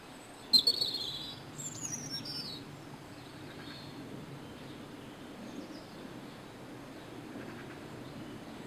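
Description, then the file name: European robin giving a short burst of high, thin, twittering and descending notes in the first few seconds, then only quiet low background hum. "Erithacus rubecula"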